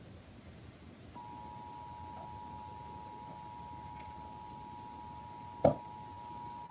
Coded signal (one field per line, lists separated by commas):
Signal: Emergency Alert System (SAME) tones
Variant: 853 and 960 Hz attention tone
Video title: EAS SVR (From ILX) 3/6/26 4:13 PM CST (Credit Goes To @SouthernPennsylvaniaWX/@KanawhaCountyWX)